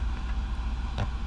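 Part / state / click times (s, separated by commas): plastic safety clip onto pool salt cell union fitting / not seated / none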